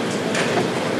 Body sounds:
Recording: background sound without coughing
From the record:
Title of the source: Office Sounds Ambience - Background Noise for Study and Work

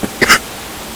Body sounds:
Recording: coughing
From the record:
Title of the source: 30 Chesty and wet cough

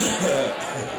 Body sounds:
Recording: coughing mixed with background sound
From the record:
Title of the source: Spring Cold Coughing.

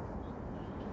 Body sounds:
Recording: background sound without coughing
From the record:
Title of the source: Train Ride Ambience ambient white noise for sleeping, focus, studying, reading

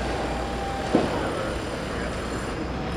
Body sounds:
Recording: background sound without coughing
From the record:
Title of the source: 30 MINUTES Construction Site Ambience (CC BY 4.0)

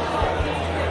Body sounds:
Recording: background sound without coughing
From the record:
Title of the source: CITY SOUNDS Busy Bar in the Evening Night - 2 HOURS of Ambiance for Relaxation

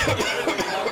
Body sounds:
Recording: coughing mixed with background sound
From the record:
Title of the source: Dry Afternoon Cough

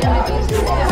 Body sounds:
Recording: background sound without coughing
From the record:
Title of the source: Nightlife Party Simulating Party Club Noise 1 Hour

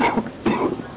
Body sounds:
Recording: coughing mixed with background sound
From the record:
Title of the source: Coughing 77

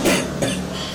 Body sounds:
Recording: coughing mixed with background sound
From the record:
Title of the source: Residual Phlegmy Morning Coughing and Gagging

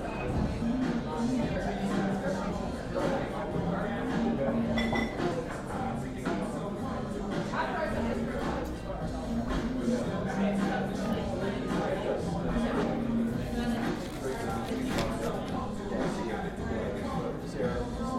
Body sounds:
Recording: background sound without coughing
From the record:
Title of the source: 60 minutes of coffee shop sounds for study and concentration

